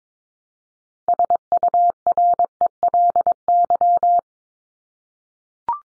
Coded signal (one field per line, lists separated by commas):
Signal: Morse code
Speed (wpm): 22 wpm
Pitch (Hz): 700 Hz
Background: none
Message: SURELY